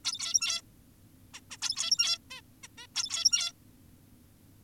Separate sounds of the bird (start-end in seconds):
0.05-0.62, 1.34-1.41, 1.51-1.57, 1.62-2.19, 2.31-2.41, 2.63-2.68, 2.78-2.87, 2.95-3.52